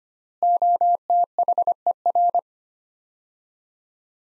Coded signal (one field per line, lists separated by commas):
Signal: Morse code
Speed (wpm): 25 wpm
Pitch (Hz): 700 Hz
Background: none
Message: OTHER